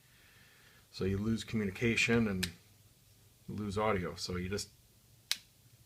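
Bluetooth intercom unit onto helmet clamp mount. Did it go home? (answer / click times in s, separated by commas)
yes / 5.3 s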